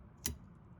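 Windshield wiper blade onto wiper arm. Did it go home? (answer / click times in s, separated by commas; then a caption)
yes / 0.3 s. A replacement windshield wiper blade for a 1997–2004 C5 Corvette is slid onto the wiper arm hook and pulled until its plastic retaining tab clicks into place. A single sharp, bright click sounds at 0.3 s over a quiet low background hum. The blade is seated on the arm.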